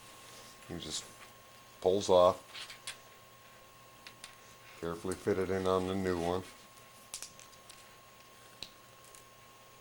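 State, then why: Seated. A small plastic cover that protects the end bearing is pulled off and carefully fitted onto the end of a new sewing machine main motor while someone talks. After a few soft handling taps, a sharp short snap at 8.6 s marks the cover seating in place.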